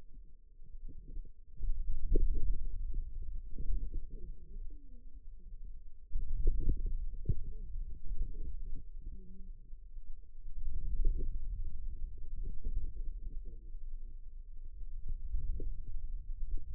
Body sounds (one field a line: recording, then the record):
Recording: forearm muscle sounds (acoustic myography)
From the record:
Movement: hand closing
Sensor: system 2, bracelet of six BSWA MPA416 microphones around the upper forearm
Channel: 4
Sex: female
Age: 21 years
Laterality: right